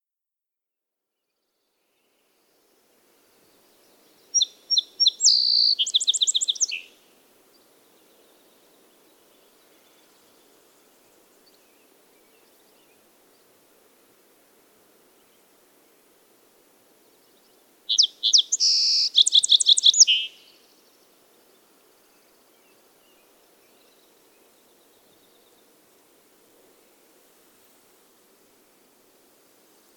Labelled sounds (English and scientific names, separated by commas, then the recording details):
Song Sparrow (Melospiza melodia) song
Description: Song Sparrow song recorded on the Cub Lake Trail in Rocky Mountain National Park
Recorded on 24 June 2015